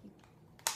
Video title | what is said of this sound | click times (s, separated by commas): Airsoft Gun Review: VFC PDW | push that in and it folds and locks into place for a quick maneuver around | 0.7 s